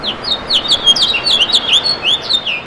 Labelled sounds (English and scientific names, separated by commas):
House Finch (Haemorhous mexicanus) song